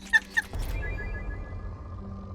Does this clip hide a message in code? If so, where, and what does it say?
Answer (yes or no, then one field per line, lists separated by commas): no